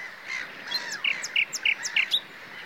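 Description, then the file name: Common nightingale song: a soft opening, then a short run of repeated clipped, rasping notes at an even pace. "Luscinia megarhynchos"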